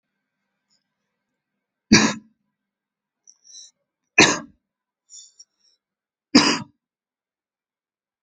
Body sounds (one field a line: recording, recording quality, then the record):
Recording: heavy voluntary cough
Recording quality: excellent, no background noise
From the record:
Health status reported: recovered from COVID-19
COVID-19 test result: negative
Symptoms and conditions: none ticked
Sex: male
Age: 24 years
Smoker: not ticked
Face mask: not worn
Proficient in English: yes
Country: India